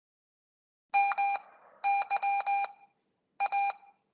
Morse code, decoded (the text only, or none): MY A